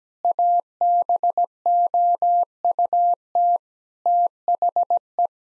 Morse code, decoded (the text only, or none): ABOUT THE